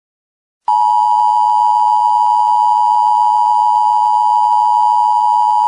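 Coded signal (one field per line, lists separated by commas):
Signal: Emergency Alert System (SAME) tones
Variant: 853 and 960 Hz attention tone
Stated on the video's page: Fictional EAS scenario made for fun.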